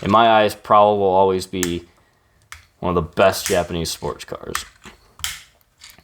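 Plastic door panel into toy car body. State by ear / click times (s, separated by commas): not seated / none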